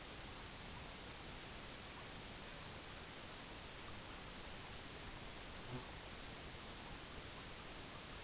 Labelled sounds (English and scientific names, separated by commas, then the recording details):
none
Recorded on Arctic tundra, site EABA-MC, on 22 June 2019
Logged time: 18:00